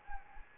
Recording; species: mosquito wingbeat signal from an infrared sensor; Anopheles gambiae